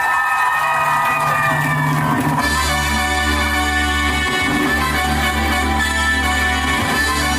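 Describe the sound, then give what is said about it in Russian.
An audience at a prize ceremony for the Chasha Mira award claps and cheers steadily for several seconds for a winner, and partway through, loud music with a deep sustained bass swells in over the noise of the crowd. “Дорогие друзья, ваши аплодисменты.”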